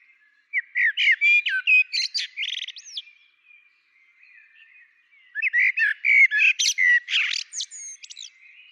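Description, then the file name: Common blackbird song, two long phrases of low fluty notes mixed with sharp high squeaks and chatter, separated by a pause of about two seconds. "Turdus merula"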